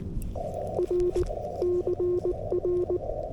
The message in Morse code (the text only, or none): R CR